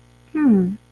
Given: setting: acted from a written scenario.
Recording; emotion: vocal sound without words; neutral